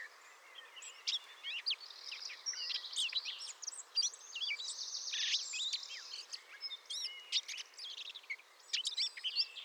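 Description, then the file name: Eurasian blackcap warbling in a quiet, scratchy run of varied chirps and buzzy phrases over a soft background hiss. "Sylvia atricapilla"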